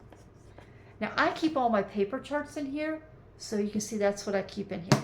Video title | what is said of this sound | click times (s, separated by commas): 20 Gifts Every Cross Stitcher Will Love | It has a magnetic closure. You can hear the snap. | 0.1 s, 0.6 s